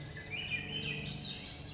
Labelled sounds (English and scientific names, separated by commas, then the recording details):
Swainson's Thrush (Catharus ustulatus)
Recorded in Sonoma County, California